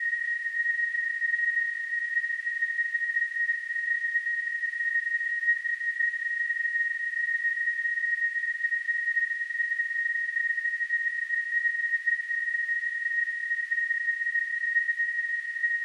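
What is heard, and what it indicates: Simulated tinnitus: a steady, unbroken high-pitched tone near 2 kHz, with a faint hiss above it, holding at an even level throughout.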